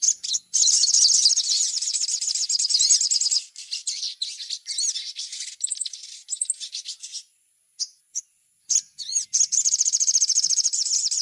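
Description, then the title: Little spiderhunter song, a long fast high trill opening, then varied chattering notes, a pause, and another rapid trill at the end. Masteran, a training recording of the song. "Masteran Burung Sogok Ontong Labaik"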